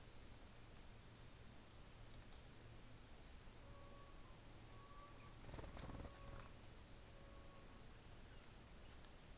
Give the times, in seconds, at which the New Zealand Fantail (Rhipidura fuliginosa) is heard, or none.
0.54-6.77